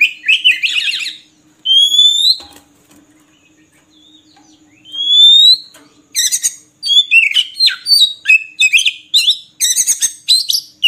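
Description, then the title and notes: Oriental magpie-robin song, chattering phrases and rising whistles, a lull, then a long fast run of varied, scratchy and whistled notes. Long-duration song used to train kept birds to sing actively, day and night. "Kacer Jadi Gacor Siang Malam. Isian Kacer Durasi Panjang"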